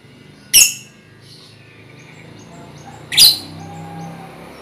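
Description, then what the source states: Lovebird calls: two loud, harsh high chirps about two and a half seconds apart, with faint thin whistles between. Lovebird ngekek song, used as a lure song (kicau pancingan).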